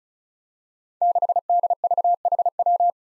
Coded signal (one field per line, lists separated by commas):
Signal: Morse code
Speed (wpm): 36 wpm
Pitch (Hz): 700 Hz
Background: none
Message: 6DVHW